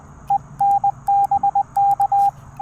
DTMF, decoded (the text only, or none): none